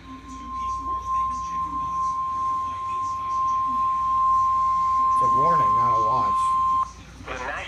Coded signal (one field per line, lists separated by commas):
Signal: Emergency Alert System (SAME) tones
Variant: 1050 Hz attention tone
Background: speech